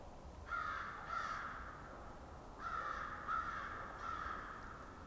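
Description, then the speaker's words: Crows cawing, a scattered series of about five hoarse, muffled caws, over low background noise. A flock of crows far off, vocalizing very loudly but heard muffled. "So far off, you can hear kind of a muffled flock of crows."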